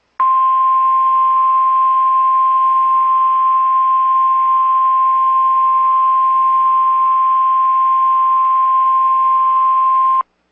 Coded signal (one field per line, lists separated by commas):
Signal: Emergency Alert System (SAME) tones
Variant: 1050 Hz attention tone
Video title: REAL EAS 1423- Severe Thunderstorm Warning